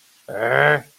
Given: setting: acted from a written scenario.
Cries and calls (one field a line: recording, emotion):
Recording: vocal sound without words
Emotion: anger